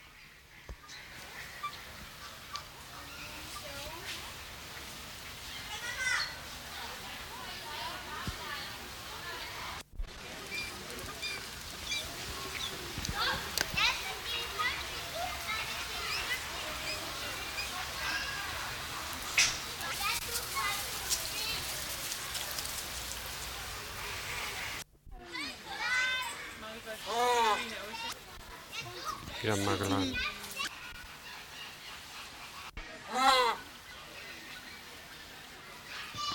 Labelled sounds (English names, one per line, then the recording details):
Magellanic Penguin call
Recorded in captivity
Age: adult
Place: Zoo Augsburg, Bayern, DE
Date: 1993-09-04 15:04
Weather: 14 °C, bedeckt
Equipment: Marantz CP 430, Sennheiser MKH 416 T, Kopie Uher Variocord 263
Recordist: Tembrock, Günter